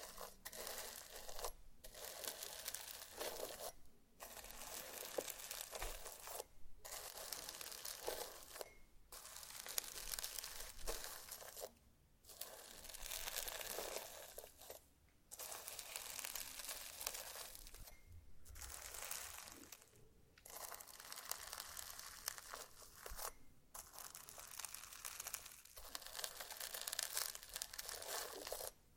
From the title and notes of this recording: ASMR SLIME! 5 Satisfying Slimes.